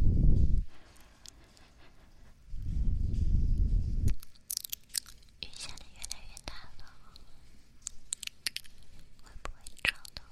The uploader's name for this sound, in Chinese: 啵啵bobo&嘴巴啄耳&口腔音